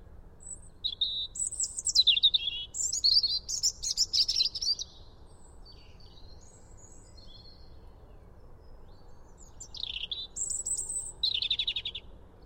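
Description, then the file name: European robin delivering a long rippling phrase of high whistles and fast warbles, then a pause before a shorter tumbling phrase near the end. "Erithacus rubecula"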